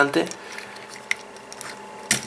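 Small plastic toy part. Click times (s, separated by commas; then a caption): 2.1 s. During the transformation of a plastic TF Asia Premium Series Barricade Human Alliance transforming robot figure, a front panel is pushed forward into its locked position while someone talks. Faint handling taps come before a small, sharp click at 2.1 s as the panel seats into place.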